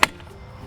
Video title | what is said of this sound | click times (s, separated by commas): Squirrel Buster Plus: How to Assemble | push the tube down until you hear a click. | 0.0 s